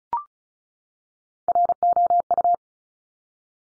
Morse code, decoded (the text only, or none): ROU